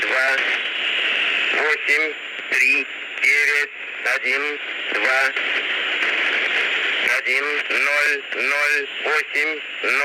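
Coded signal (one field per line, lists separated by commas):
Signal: numbers station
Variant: Russian language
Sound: a voice reading short separate words over hissy shortwave static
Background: radio static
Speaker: Bien, esa es una estación de números transmitiendo en el idioma ruso.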